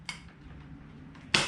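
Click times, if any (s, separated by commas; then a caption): 1.4 s. A side panel is pushed the rest of the way into the slots of a bus box after only almost clicking into place. A light tick near 0.1 s and a faint rustle around 1.1 s lead up to a sharp, loud snap at 1.4 s as the panel seats home.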